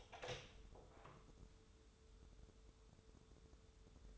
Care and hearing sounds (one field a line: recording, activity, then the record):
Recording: daily activity, microphone in the room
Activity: open door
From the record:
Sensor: 3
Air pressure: 1015.2 hPa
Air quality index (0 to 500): 166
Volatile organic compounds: 12 ppm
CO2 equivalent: 2366 ppm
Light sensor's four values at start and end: 16/40/16/17 and 16/40/16/17